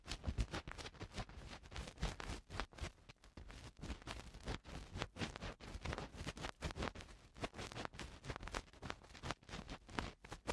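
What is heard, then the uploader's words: Ear cleaning sounds: a continuous run of rough scratching and rubbing that crackles across lows and highs alike. Short bursts come several times a second with brief dips between them, and the loudness rises and falls unevenly through the whole stretch without pausing. Eardrum Cleaning (No Talking).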